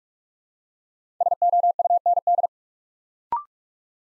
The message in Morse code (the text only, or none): SOUND